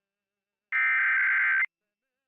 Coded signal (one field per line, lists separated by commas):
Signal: Emergency Alert System (SAME) tones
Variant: header bursts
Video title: KRCA-TV San Luis Obispo Required Monthly Test (EAS #1226) 9/6/23